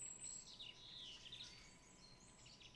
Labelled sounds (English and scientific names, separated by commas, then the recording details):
Song Thrush (Turdus philomelos)
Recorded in Germany
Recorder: ecoPi